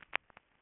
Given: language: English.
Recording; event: throat vibration sensor signal played as sound; swallow